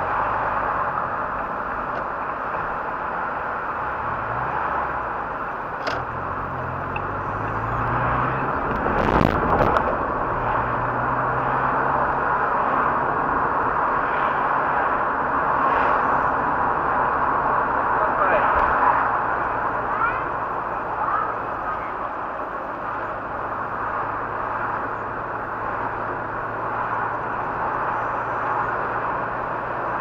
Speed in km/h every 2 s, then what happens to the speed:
16, 15, 14, 18, 32, 41, 45, 44, 43, 38, 34, 34, 35, 37, 37.
0-5 steady at about 15. 5-12 speeds up to 45. 12-21 slows to 34. 21-30 steady at about 35.